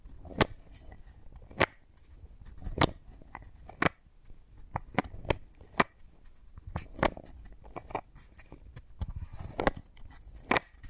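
Wooden ball triggers: sharp, crisp knocks and clacks land irregularly, roughly one or two each second, with a few quick pairs and softer ticks in between. Faint rustling and handling noises fill the quiet gaps throughout.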